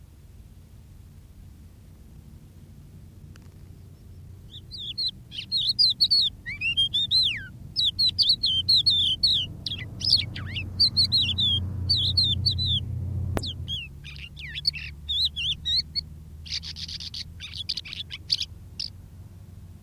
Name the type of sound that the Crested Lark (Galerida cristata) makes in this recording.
song